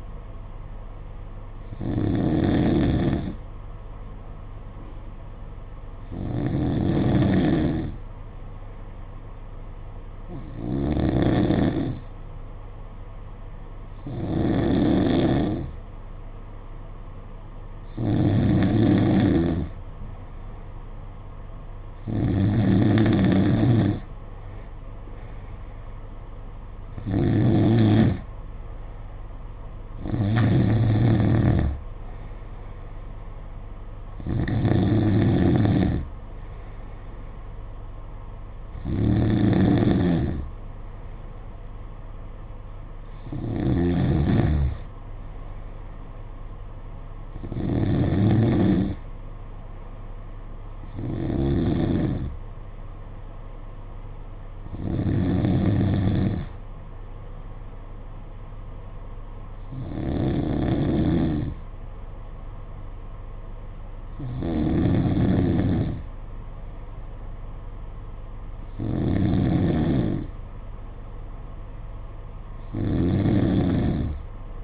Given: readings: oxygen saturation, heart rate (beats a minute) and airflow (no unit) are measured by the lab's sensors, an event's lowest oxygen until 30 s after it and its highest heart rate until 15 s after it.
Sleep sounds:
breathing in sleep by a smartphone at the bedside; none
none scored
From the record:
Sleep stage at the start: N2 (light sleep); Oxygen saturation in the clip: 92 to 94%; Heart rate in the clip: 54 to 61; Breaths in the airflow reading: 18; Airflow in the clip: -5.4 to 4.7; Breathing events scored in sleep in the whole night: 476 in 9.7 hours asleep

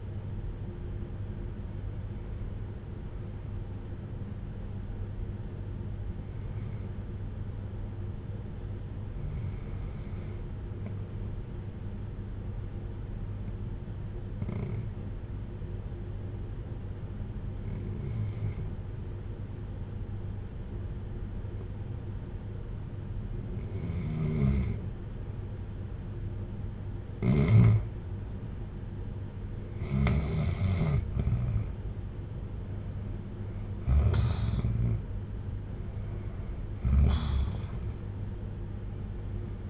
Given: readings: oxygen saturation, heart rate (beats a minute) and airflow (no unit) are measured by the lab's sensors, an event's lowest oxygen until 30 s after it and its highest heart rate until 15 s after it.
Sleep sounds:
breathing in sleep by a smartphone at the bedside; 1
7.00-31.20 s: hypopnea (REM, oxygen 96% highest, then 87% lowest, heart rate 58 at the start, 67 highest)
From the record:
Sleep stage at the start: REM sleep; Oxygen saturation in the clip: 88 to 96%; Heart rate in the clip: 55 to 67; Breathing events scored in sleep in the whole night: 310 in 8.1 hours asleep

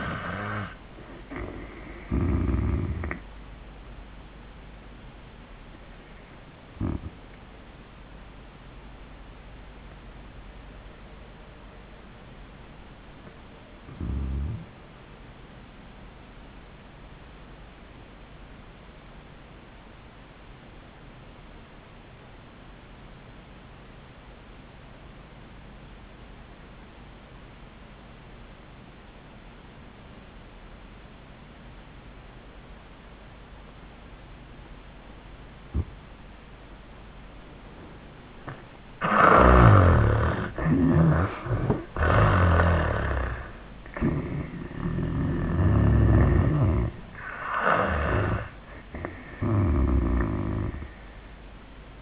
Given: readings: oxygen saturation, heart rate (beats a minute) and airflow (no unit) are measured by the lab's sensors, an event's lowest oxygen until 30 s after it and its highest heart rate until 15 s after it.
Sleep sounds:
breathing in sleep by a voice recorder at the bedside; 1
3.00-52.02 s: new sleep stage, N1 (lightest sleep)
6.00-39.80 s: obstructive apnea (N1, oxygen 96% highest, then 67% lowest, heart rate 92 at the start, 95 highest)
From the record:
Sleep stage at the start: REM sleep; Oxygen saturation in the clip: 68 to 96%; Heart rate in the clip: 65 to 96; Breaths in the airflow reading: 4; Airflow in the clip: -25.8 to 11.0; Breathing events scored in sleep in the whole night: 400 in 8.7 hours asleep

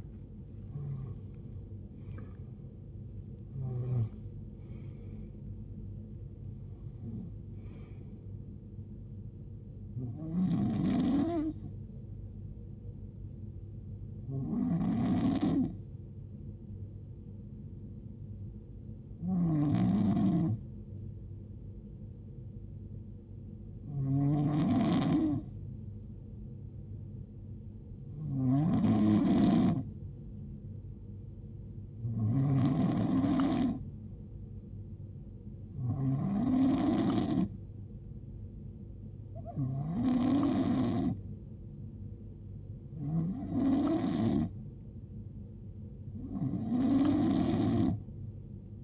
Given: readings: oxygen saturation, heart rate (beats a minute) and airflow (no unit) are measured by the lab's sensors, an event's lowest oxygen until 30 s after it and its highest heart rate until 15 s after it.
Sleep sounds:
breathing in sleep by a smartphone at the bedside; 1
15.00-37.30 s: hypopnea (N2, oxygen 94% highest, then 88% lowest, heart rate 53 at the start, 76 highest)
From the record:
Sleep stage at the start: N2 (light sleep); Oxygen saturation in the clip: 88 to 94%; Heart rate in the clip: 52 to 80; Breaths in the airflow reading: 12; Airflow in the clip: -14.5 to 15.6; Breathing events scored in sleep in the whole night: 389 in 6.3 hours asleep

